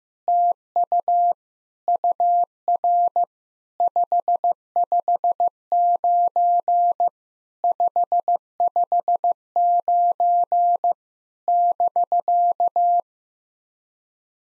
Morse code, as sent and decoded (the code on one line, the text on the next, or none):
- ..- / ..- .-. / ..... ..... ----. / ..... ..... ----. / -...-.-
TU UR 559 559 <BK>